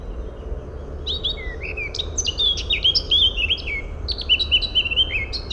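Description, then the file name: Eurasian blackcap song: a quiet scratchy start breaking into a loud run of clear fluty whistles that warble up and down, with a low steady background hum. "Sylvia atricapilla"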